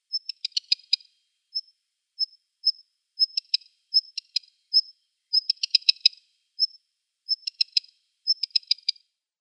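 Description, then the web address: Black redstart calling: a thin high whistled note, often followed by a rapid dry run of ticking clicks, the phrases coming at uneven intervals. "Schulze Peter Black Redstart calls"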